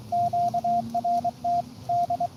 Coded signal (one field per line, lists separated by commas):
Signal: Morse code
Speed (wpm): 23 wpm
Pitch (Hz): 700 Hz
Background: radio noise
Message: QRT D